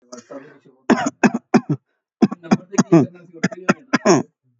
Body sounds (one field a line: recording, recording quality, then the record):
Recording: shallow voluntary cough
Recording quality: moderate, slight background noise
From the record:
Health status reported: healthy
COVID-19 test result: not tested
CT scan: not taken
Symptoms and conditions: none ticked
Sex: male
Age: 35 years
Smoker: no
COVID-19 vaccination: both doses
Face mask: not worn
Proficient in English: yes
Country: India